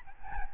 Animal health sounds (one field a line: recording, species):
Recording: mosquito wingbeat signal from an infrared sensor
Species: Aedes albopictus